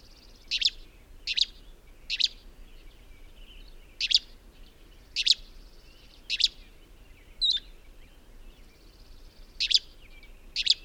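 Bird song of sharp, high chirps repeated at irregular intervals throughout, with one brief thin whistle mixed in and steady background hiss.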